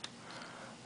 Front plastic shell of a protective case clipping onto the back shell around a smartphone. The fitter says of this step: and until you hear that click, you know it's safely secured